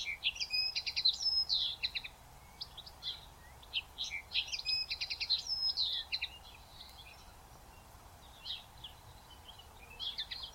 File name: Common Linnet Sound